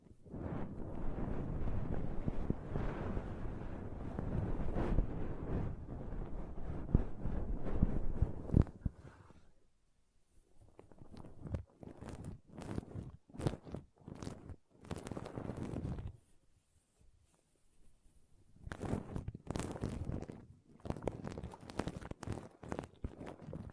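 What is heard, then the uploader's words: Pom pom tingles: soft, dense rustling and brushing fills the first ten seconds, thick and low-heavy. After a brief pause come sparser bursts of scratchy, crinkly strokes, separated by short silences, with another cluster of crisp brushing near the end. ASMR Ultimate Pom Pom Tingles (No Talking).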